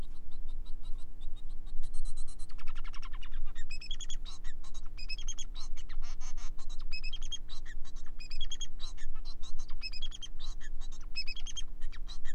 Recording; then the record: song of a male Bengalese finch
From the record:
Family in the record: son of father 4